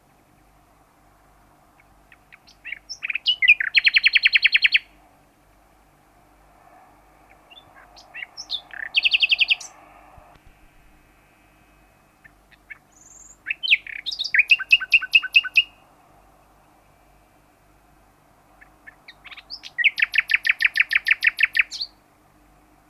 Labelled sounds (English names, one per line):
Common Nightingale social call